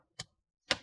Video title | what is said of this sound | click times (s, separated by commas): How to Upgrade Storage (SSD/HDD) for ASUS X509M X509MA BR407TS Laptop - Step by Step | and push that side down make sure you hit that click sound | 0.2 s, 0.7 s